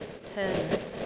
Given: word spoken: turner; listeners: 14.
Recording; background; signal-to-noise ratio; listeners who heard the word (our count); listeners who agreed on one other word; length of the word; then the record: one English word in noise, from a listening test; noise modulated by three-talker babble; -3.1 dB; 1 of 14; 9 of 14; 0.66 s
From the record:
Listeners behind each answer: 9, 2, 1, 1, 1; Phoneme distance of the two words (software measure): 7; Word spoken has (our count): 2 syllables, 4 phonemes, stress on syllable 1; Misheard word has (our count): 1 syllable, 3 phonemes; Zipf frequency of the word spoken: 4.22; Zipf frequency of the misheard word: 5.45